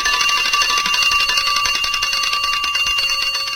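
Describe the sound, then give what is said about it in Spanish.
An alarm clock rings nonstop with a loud, shrill, rapidly rattling bell tone that holds steady for the whole stretch, with no voices. “Cada tanto, y guiados por un instinto de supervivencia, apagamos las alarmas, descolgamos las campanas, libramos a nuestras muñecas de relojes y vaciamos nuestros bolsillos de horas, minutos y segundos.”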